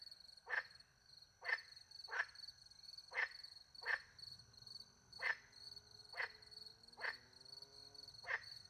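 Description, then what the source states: Frog's croaking call: around nine short, grating croaks, spaced about a second apart, accompanied by a continuous shrill chorus of crickets. Countryside by night beside a little pond in France, with crickets; microphones hidden in a tree near the pond; two Usi Pro microphones recorded into a MixPre-10 II.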